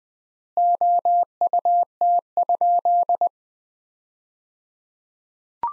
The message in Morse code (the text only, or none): OUT?